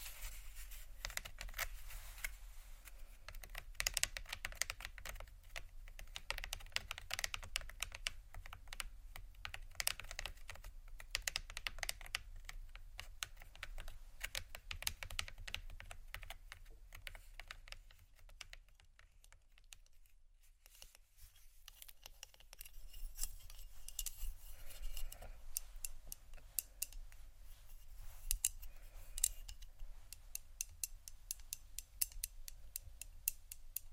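Plastic and glass rattle and tap in quick, dense bursts over a steady low rumble, with a brief quieter lull around twenty seconds.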